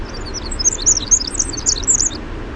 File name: WIWR song